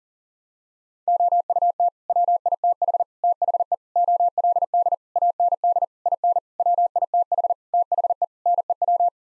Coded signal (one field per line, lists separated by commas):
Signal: Morse code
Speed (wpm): 40 wpm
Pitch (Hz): 700 Hz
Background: none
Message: OUT WITH THE OLD AND IN WITH THE NEW